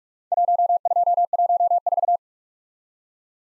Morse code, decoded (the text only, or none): 1214